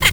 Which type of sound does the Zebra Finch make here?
kackle call